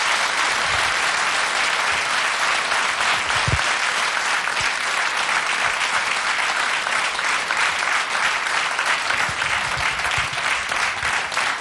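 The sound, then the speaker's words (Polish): Sustained audience applause for a band after a live performance at Polish Radio Trójka's Agnieszka Osiecka studio, a dense, steady wash of many hands clapping at an even loudness for the whole stretch, with no voices standing out. “Brawa dla chłopaków, raz jeszcze.”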